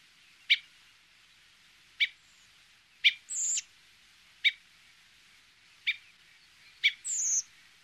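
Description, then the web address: Redwing with brief sharp ticking notes repeated every second or so, interspersed with two high, thin, slightly descending seee calls; otherwise quiet. Garden bird. "infonatuur tuinvogels koperwiek"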